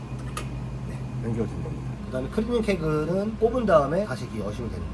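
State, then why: Seated. A beer line coupler is set onto the triangular fitting of a water-filled cleaning keg and, with its lever held down, clicks into place at 0.4 s. The sharp click stands out over a steady low background hum, and someone talks throughout.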